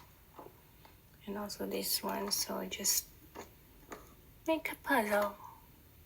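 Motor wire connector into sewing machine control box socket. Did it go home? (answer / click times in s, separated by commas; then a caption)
no / none. Someone talks while handling a plastic multi-pin motor wire connector near its socket on the electrical control box of a Juki DDL 9000C SMS industrial sewing machine, with a brief faint tap around 3.9 s. The connector has not yet seated or clicked into place.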